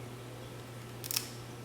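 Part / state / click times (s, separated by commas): pipe sleeve into ball valve push-fit fitting / seated / 1.1 s, 1.2 s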